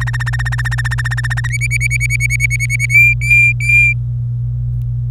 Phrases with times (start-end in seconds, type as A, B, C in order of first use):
0.00-1.47 A, 1.50-2.86 B, 2.90-3.93 C